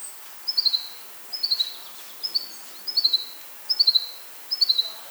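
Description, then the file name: Common chaffinch calling in brief, bright clusters of rapid falling notes, each cluster spaced under a second apart, with faint background noise. "Fringilla coelebs"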